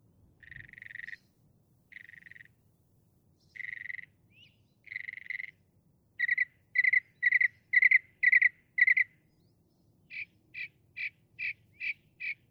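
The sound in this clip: Northern mockingbird giving harsh, buzzy phrases in a series, then quicker scratchy notes, and finally a run of brief rasping notes.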